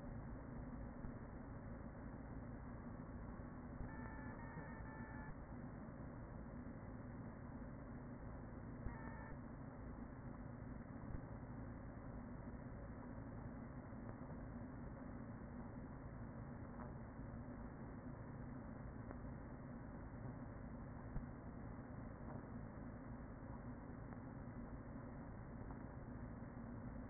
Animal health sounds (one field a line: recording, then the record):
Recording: honeybee colony, microphone inside the hive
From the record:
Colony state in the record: queen present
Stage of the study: after two queens were removed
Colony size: about 40,000 bees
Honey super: no